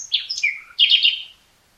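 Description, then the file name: Common nightingale, short burst of song: quick whistled slurs ending in a rich warbled trill. "Luscinia megarhynchos"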